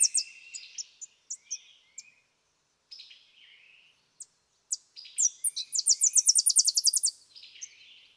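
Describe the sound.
Tennessee warbler song: scattered high chips and a soft phrase, then a loud accelerating run of sharp staccato notes ending in a quick trill.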